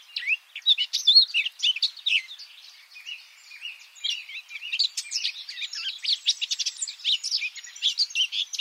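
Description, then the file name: Eurasian blackcap giving a rapid, scratchy warble of varied chirps and short whistled notes, nearly continuous, with a brief quieter pause around three seconds. "Sylvia atricapilla"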